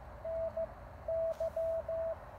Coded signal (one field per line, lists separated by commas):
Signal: Morse code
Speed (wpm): 18 wpm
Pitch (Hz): 640 Hz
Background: none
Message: NY